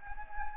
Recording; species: mosquito wingbeat signal from an infrared sensor; Anopheles gambiae